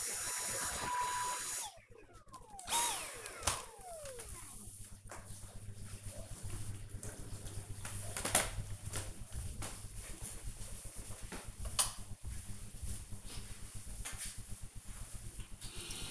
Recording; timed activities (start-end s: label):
household activities, microphone on the right wrist
0.00-2.29 s: vacuum cleaning